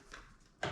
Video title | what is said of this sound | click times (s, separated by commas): Harbinger MLS900: Installation and use. | click it in place, right? So you just slide it in place until you hear the click, | 0.6 s